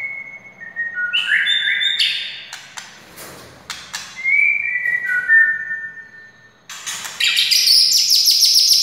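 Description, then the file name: White-rumped shama song: stepped whistled notes falling and rising, clicks, a quiet spell, then a rapid high trilling burst. Wild white-rumped shama (murai hutan). "suara murai hutan asli"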